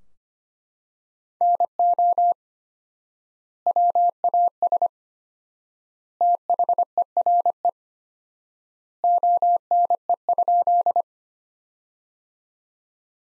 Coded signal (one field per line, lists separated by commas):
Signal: Morse code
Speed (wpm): 25 wpm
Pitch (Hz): 700 Hz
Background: none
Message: NO WAS THERE ONE?